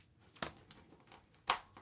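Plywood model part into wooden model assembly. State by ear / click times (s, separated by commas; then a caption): not seated / none. A laser-cut plywood part of a Ugears 70171 Pickup Lumberjack wooden mechanical model kit is handled and pressed toward its joint in the wooden model assembly, producing short, crisp wooden ticks and light crinkling handling noise, the loudest near 1.5 seconds. The clip ends before the part goes home, so nothing has seated or clicked yet.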